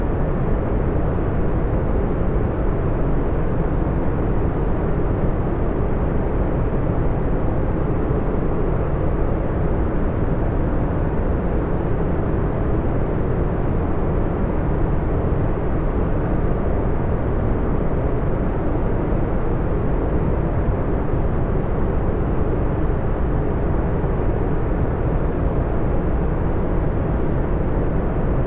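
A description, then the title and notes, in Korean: Brown noise with a 432Hz delta-wave binaural beat, a deep, steady rumble weighted heavily toward the low end and thinning out above the mids. It holds perfectly even for the whole stretch, with no events, swells or breaks, like a distant engine drone. 432Hz 델타 파동 바이노럴 비트로 풍부하게 한 진정한 갈색 소음의 깊은, 차분한 톤.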